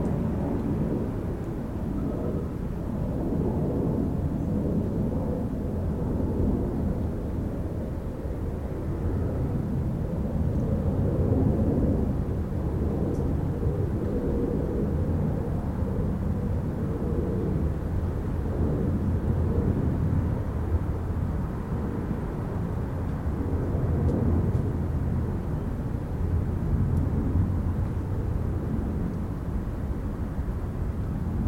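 Outside an apartment, a low, steady roar fills the air, like a jet passing, with a deep rumble that swells slightly around the middle and stays dense throughout. Faint higher sounds flicker now and then above the constant drone.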